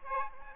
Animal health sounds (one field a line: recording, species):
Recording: mosquito wingbeat signal from an infrared sensor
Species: Aedes aegypti